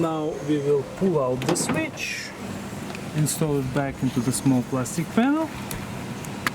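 A switch from the backup-camera area of a Chevrolet Express / GMC Savana van is pulled out and handled near the small plastic interior trim panel it goes back into, while someone talks. A few brief sharp sounds occur around 3.0 s, 6.3 s and 6.5 s. Nothing has seated or clicked yet, and the switch is not yet snapped into the panel.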